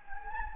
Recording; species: mosquito wingbeat signal from an infrared sensor; Anopheles gambiae